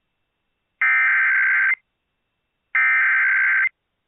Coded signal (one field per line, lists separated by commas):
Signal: Emergency Alert System (SAME) tones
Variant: header bursts